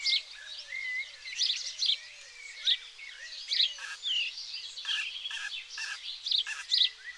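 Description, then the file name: House sparrow chatter: many busy chirps, some overlapping. "Passer domesticus"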